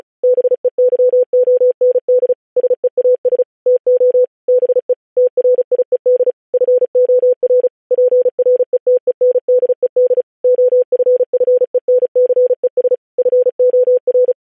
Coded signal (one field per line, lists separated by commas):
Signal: Morse code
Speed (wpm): 36 wpm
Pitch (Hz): 500 Hz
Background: none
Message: BEYOND SEAS TO BE TRIED FOR PRETENDED OFFENCES FOR